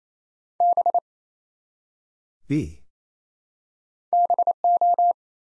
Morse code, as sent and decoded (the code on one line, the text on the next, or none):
-... / -... ---
B BO